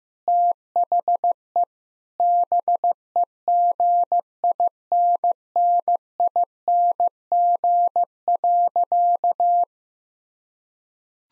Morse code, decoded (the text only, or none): THE BEGINNING.